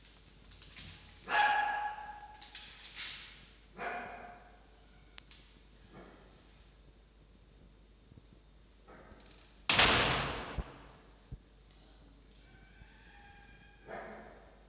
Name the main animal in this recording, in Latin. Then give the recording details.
Vulpes vulpes. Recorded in captivity. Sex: female. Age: juvenile. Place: Zoologisches Institut der HUB, Berlin, DE. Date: 1953-08-20 12:30. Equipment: Elmetra. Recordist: Tembrock, Günter